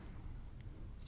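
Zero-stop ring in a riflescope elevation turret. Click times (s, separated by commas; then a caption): 0.6 s, 1.0 s. The metal zero-stop ring inside the elevation turret of a Vector Optics SCFF-29 Continental 34mm 4-24x56 FFP riflescope is turned by hand over a steady low rumble. Two faint, sharp clicks sound at 0.6 s and 1.0 s as the ring clicks into place and stops, seated.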